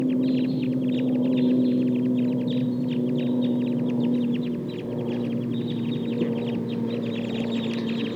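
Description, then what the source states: Crossbills calling as a flock, a dense stream of quick sharp chips several per second, with a constant low hum beneath. Wild flock of about 11 birds calling as they get ready to fly.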